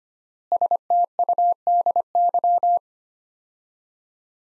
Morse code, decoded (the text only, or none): STUDY